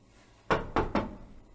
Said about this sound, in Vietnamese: Vào đêm thứ 3, sau khi ông Từ và những người làm công quả trong miếu thổ địa đều đã nghỉ ngơi, cửa phòng của Kế Duyên lại bị ai đó gõ nhẹ lần nữa.